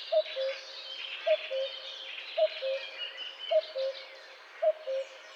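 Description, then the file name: Common cuckoo giving steady cu-coo pairs, five in a row about a second apart, the second note lower, with songbirds twittering in the background. "Coucou gris"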